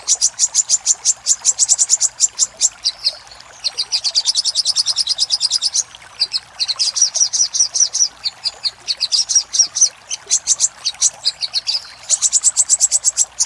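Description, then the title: Little spiderhunter song: high, sharp chipping notes in fast, even runs broken by brief pauses. Master recording for training cage birds. "Masteran Burung Sogok Ontong Labaik"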